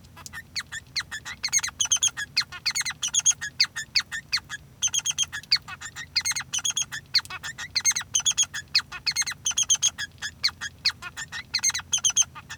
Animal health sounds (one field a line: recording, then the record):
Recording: song of a male Bengalese finch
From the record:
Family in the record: son of father 3